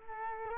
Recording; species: mosquito wingbeat signal from an infrared sensor; Culex quinquefasciatus